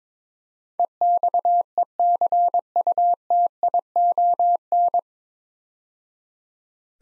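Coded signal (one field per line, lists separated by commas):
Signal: Morse code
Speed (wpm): 22 wpm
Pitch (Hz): 700 Hz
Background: none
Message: EXECUTION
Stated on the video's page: Morse practice set sending 9-letter words at 22 wpm for head-copy training.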